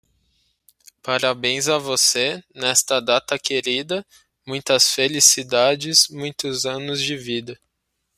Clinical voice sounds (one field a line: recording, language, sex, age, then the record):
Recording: short text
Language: Brazilian Portuguese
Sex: male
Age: 20 to 29 years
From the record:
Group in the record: control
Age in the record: 24 years